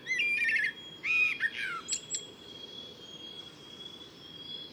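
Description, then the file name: Common blackbird uttering harsh, chattering notes with strong overtones, followed by two sharp high clicks; a thin steady high tone runs through the background. "Turdus merula"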